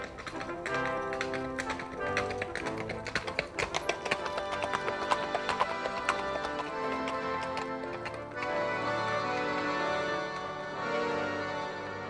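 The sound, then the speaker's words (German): Horses of two well-equipped riders travelling to Vienna trot with a steady, rhythmic clip-clop of hooves over sustained music. After about eight seconds the hoofbeats drop away and the music carries on alone. “Zwei Kavalier, wohlversehen mit Kleidung, Pferden und Gewehr.”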